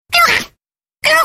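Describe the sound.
Parrot squawks: two harsh, raspy bursts separated by a short silence.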